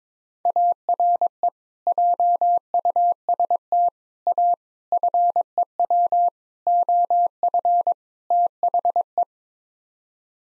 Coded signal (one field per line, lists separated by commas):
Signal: Morse code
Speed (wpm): 21 wpm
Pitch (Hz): 700 Hz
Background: none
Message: ARE JUST A FEW OF THE